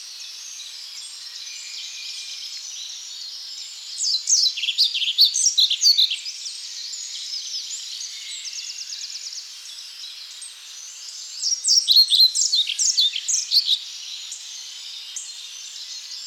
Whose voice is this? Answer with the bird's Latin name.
Ficedula hypoleuca